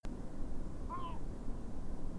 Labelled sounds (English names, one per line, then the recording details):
Great Bittern
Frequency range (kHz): Great Bittern 0.8-3.3 kHz
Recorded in France